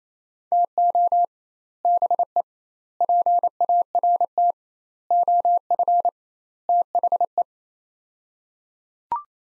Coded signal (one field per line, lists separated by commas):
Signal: Morse code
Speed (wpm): 28 wpm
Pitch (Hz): 700 Hz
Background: none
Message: TO BE PART OF THE